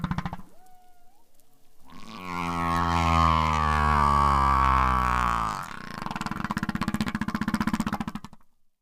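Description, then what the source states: Humpback whale song: a brief rising whistle, then a long, low, harmonic moan lasting nearly four seconds, followed by a fast pulsed rattle that fades out. Male song; novel songs may help a male stand out to females, males conform to the local song type, songs spread west to east across South Pacific populations.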